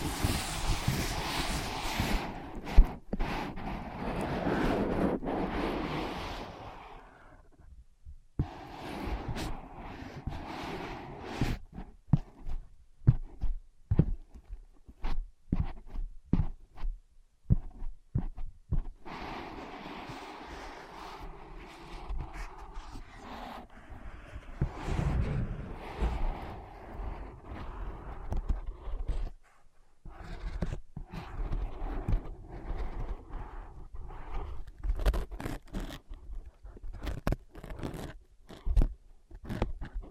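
Tapping, scratching and tracing on ear pads used as ears, with dense bursts of rubbing and scratching in the first seven seconds and again around 19–27 seconds. In between come quick, irregular taps and brief strokes, separated by short near-silent gaps near 8 and 30 seconds.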